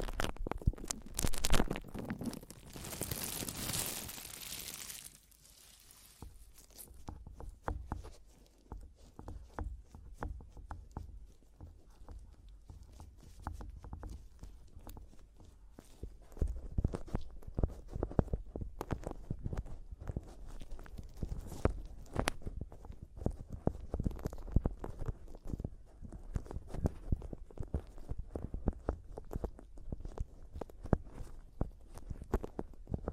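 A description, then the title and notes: Mic tapping and scratching. A harsh, bright scratch fills the first five seconds, then gives way to quieter, uneven taps with soft low thumps. From about sixteen seconds the tapping grows louder and denser, continuing in irregular bursts to the end. ASMR Mic Tapping and Scratching (No Talking).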